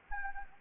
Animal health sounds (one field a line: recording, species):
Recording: mosquito wingbeat signal from an infrared sensor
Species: Anopheles arabiensis